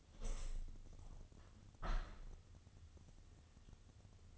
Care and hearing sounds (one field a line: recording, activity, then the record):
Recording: daily activity, microphone in the room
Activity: open window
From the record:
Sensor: 4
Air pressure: 1001.2 hPa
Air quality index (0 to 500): 177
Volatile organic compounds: 2 ppm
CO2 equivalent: 1266 ppm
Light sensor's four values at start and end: 12/28/11/12 and 12/28/11/12